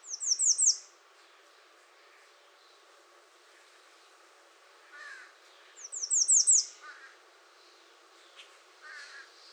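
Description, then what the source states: American redstart song: a quick series of high, downslurred notes, repeated after about six seconds, with softer lower calls from other birds in between. Recorded 21 June 2019.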